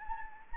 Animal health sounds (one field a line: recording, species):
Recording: mosquito wingbeat signal from an infrared sensor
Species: Anopheles gambiae